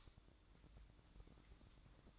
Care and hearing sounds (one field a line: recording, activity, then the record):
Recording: daily activity, microphone in the room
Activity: light off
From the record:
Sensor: 3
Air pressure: 1007.9 hPa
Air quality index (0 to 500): 81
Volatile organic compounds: 1 ppm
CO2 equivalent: 689 ppm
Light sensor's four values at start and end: 19/51/22/20 and 12/28/12/12